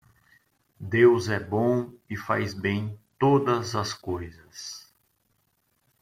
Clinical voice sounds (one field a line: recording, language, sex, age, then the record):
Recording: spoken sentence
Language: Brazilian Portuguese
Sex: male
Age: 50 to 59 years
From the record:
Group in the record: control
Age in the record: 51 years